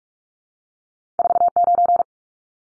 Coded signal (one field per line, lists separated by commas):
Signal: Morse code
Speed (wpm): 44 wpm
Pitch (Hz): 700 Hz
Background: none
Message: 49